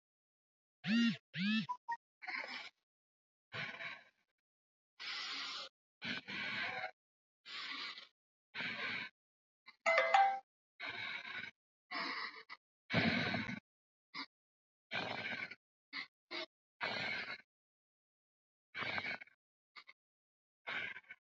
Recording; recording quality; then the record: deep breathing; excellent, no background noise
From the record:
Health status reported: healthy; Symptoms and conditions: diabetes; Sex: female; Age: 51 years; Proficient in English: yes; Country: India